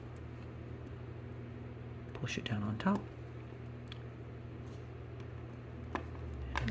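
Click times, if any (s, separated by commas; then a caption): 6.6 s. While reassembling a gutted pump lock, a small internal metal lock component is pushed down on top of the assembly into the pump lock body as someone talks. A few faint short clicks come first, and the loudest sharp hit at 6.6 s is the part snapping into place. It is confirmed seated.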